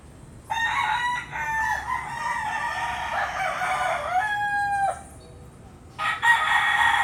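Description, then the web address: Chicken: rooster crowing, a long harmonic crow drawn out over about four seconds with a falling end, then a second rooster starting another crow near the close. Several roosters crowing at dawn in Puerto Rico. "puerto rico coqs aube PRico"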